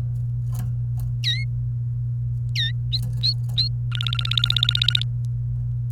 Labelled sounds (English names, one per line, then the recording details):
Domestic Canary song
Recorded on 29 April 2018 at 12:50
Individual llb3